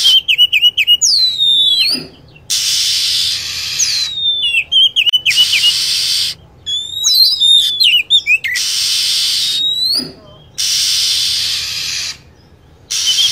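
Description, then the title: Lovebird: fast, shrill chirping with wavering notes and falling whistles in clusters, separated by loud hiss. Lure sound (pikat) used to attract lovebirds. "PIKAT BURUNG LOVEBIRD"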